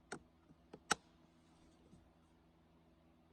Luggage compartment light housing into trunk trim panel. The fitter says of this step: and you can hear the clicking sound to confirm we've installed it correctly